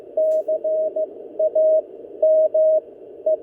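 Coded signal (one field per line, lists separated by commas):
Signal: Morse code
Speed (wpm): 15 wpm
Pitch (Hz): 630 Hz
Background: none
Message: CAME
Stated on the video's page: CW contact at 2 watts to Canada using a NorCal Sierra transceiver.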